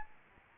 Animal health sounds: mosquito wingbeat signal from an infrared sensor; Aedes albopictus

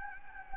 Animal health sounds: mosquito wingbeat signal from an infrared sensor; Anopheles gambiae

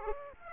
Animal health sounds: mosquito wingbeat signal from an infrared sensor; Aedes aegypti

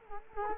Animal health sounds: mosquito wingbeat signal from an infrared sensor; Culex quinquefasciatus

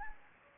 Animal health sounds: mosquito wingbeat signal from an infrared sensor; Anopheles gambiae

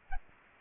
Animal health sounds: mosquito wingbeat signal from an infrared sensor; Aedes aegypti

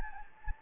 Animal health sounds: mosquito wingbeat signal from an infrared sensor; Anopheles gambiae

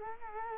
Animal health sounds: mosquito wingbeat signal from an infrared sensor; Culex quinquefasciatus

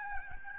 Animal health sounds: mosquito wingbeat signal from an infrared sensor; Aedes albopictus

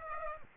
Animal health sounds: mosquito wingbeat signal from an infrared sensor; Aedes aegypti

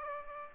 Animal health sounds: mosquito wingbeat signal from an infrared sensor; Aedes aegypti

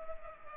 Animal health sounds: mosquito wingbeat signal from an infrared sensor; Culex pipiens

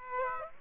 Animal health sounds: mosquito wingbeat signal from an infrared sensor; Aedes aegypti

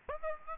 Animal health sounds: mosquito wingbeat signal from an infrared sensor; Aedes aegypti

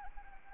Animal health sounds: mosquito wingbeat signal from an infrared sensor; Anopheles arabiensis

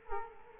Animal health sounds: mosquito wingbeat signal from an infrared sensor; Culex quinquefasciatus

